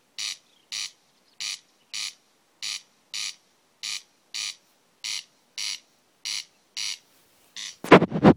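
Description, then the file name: Corn crake call: a steady series of harsh, scraping rasps in a paired rhythm, ending with a sudden loud rustling noise. "Åkerrikse 300611"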